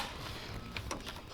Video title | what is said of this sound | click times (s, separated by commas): My embroidery beginner tips for caps. | you're simply just going to squeeze it together and listen for the clicks. | 0.8 s, 0.9 s